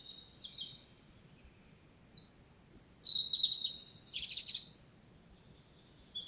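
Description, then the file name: European robin singing thin, high notes, then a louder tumbling warble of sliding, trilled phrases in the middle, fading to a faint high note. "Erithacus rubecula"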